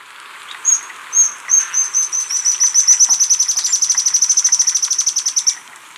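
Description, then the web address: White-browed spinetail call: a few spaced high notes that speed up into a long, even, very high-pitched trill of about three and a half seconds. Recorded in Ecuador. "Birds of Ecuador 2. White-Browed Spinetail"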